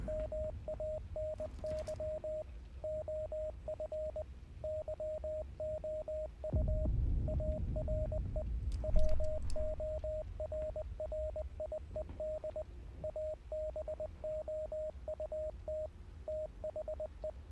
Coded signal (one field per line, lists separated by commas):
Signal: Morse code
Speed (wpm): 20 wpm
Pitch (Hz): 620 Hz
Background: radio noise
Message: MANY OF YOU ARE WORRIED ABOUT THE